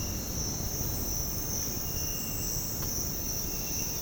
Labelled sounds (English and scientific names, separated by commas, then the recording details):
none
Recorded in dense forest near Puerto Asís, Putumayo, Colombia, on 29 June 2025 at 06:30
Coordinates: 0.486, -76.317
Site G065